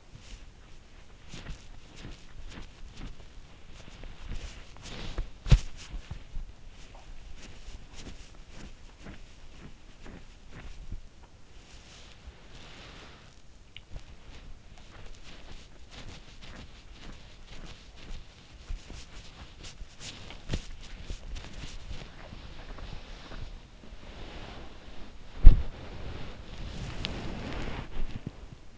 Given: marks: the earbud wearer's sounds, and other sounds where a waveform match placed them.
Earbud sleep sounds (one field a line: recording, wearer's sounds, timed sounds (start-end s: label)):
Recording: sounds in sleep by an in-ear microphone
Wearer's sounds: body movement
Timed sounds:
0.00-28.78 s: body movement